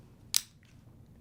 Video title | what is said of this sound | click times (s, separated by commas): Tutorial: Setting up Audio Description equipment | push them together until they click, and then this end goes into your transmitter, | 0.4 s